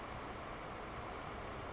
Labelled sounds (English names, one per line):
Bewick's Wren